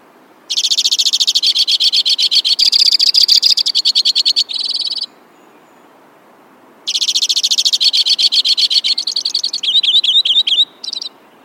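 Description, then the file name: White-winged crossbill song: two long bouts of fast, buzzy trilling with changing segments, the second ending with a few upslurred notes. "suara-kicauan-burung-white-winged-crossbill -omkicau"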